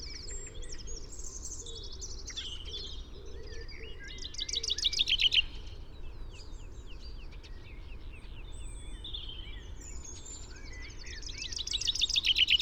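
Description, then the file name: Common chaffinch song: a short trilled phrase in midway and another at the end, amid a busy chorus of other birds' chirps and whistles. "Fringilla coelebs"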